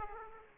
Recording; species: mosquito wingbeat signal from an infrared sensor; Aedes aegypti